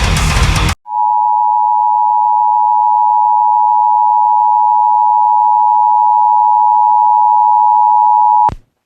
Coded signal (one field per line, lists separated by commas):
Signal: Emergency Alert System (SAME) tones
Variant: 853 and 960 Hz attention tone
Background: music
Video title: WJON IP & KLTRADIO EMERGENCY ALERT SYSTEM COMPILATION!!